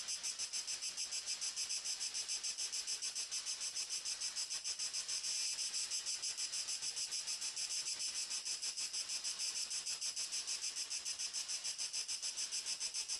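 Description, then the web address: Crickets give a continuous shrill, buzzy chorus of regular rapid pulses, about three a second, steady from start to finish. "sonniss-gdc-audio crickets"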